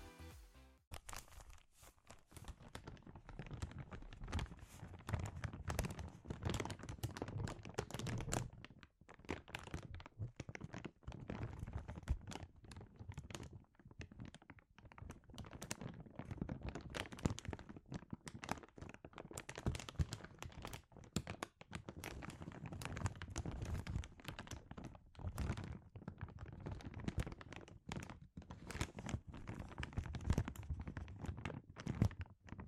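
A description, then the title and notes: Sensitive crinkles fill all thirty-three seconds: a dense, irregular stream of crackling snaps layered over a soft, low rustle. The pace stays busy throughout, broken only by brief pauses around 9, 13, 21 and 28 seconds, with occasional dull thunks. ASMR Sensitive Crinkles (No Talking).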